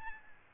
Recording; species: mosquito wingbeat signal from an infrared sensor; Aedes albopictus